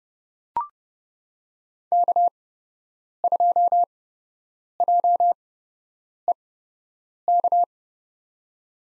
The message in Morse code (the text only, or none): K2JEK